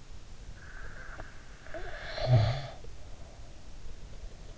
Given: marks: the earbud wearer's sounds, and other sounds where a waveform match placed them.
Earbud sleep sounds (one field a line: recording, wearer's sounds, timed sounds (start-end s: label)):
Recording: sounds in sleep by an in-ear microphone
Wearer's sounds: snoring breath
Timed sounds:
0.55-2.94 s: snoring breath